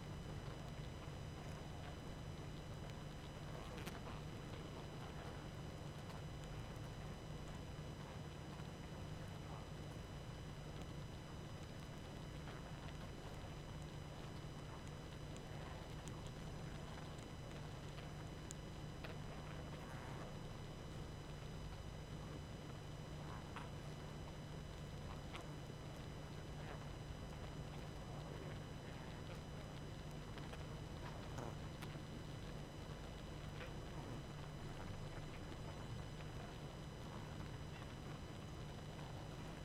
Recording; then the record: honeybee colony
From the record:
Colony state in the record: active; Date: 12 June 2018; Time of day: 21:27